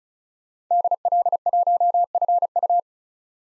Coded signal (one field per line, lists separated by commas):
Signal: Morse code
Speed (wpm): 34 wpm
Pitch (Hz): 700 Hz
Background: none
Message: DL1FU